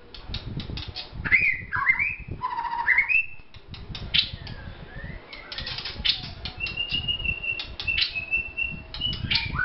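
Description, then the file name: White-rumped shama: songbird producing slurred whistles, a low note, and long steady whistled tones among clicks, with a rumbling low background. Vietnam. "shama vietnam omkicau"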